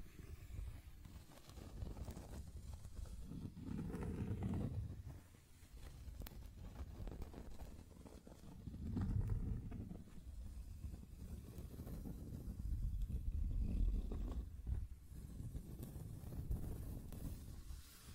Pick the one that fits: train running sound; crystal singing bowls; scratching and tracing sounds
scratching and tracing sounds